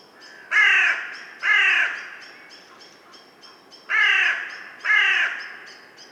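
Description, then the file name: Carrion crow giving loud raspy caws, two close together, a pause, then two more, over steady high chirps from a small bird. "Corvus corone"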